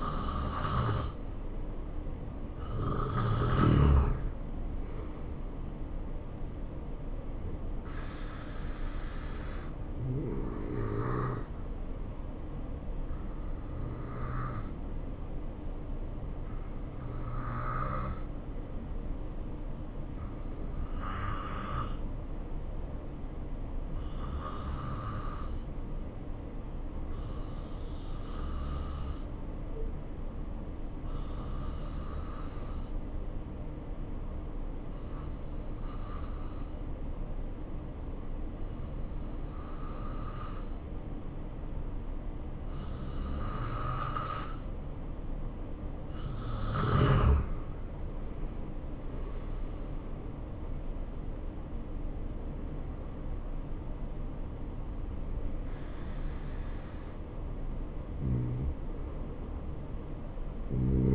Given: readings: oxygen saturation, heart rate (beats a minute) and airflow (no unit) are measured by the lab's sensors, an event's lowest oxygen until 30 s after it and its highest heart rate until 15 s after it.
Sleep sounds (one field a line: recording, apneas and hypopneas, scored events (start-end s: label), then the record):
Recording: breathing in sleep by a smartphone at the bedside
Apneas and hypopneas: 1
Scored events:
19.00-46.20 s: hypopnea (N2, oxygen 92% highest, then 86% lowest, heart rate 72 at the start, 75 highest)
From the record:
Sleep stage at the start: N2 (light sleep)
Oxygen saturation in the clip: 87 to 92%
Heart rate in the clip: 66 to 76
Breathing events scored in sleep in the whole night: 277 in 7.4 hours asleep